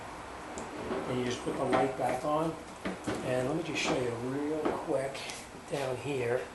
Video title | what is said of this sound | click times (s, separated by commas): How to change the headlight on a 2010 Kia Rondo | and you'll hear it snap right in | 0.6 s